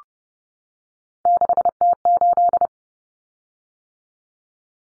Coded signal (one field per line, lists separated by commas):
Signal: Morse code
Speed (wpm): 30 wpm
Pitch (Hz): 700 Hz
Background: none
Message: 6T8